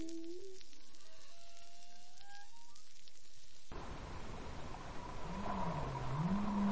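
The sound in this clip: Whale song opening with a low moan and gliding whistles, then a burst of loud rushing noise with a wavering, rising low tone underneath.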